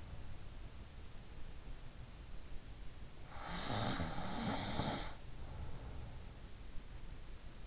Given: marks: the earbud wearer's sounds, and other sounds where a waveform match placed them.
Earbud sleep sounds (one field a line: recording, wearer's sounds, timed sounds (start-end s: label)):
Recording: sounds in sleep by an in-ear microphone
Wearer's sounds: snoring breath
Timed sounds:
3.28-6.06 s: snoring breath